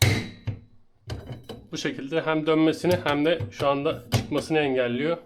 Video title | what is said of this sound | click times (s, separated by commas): IKEA PAX GARDIROP KURULUMU DETAYLI ANLATIM / IKEA PAX WARDROBE ASSEMBLY / HOW TO ASSEMBLE IKEA PAX | Я тяну до щелчка, | 0.0 s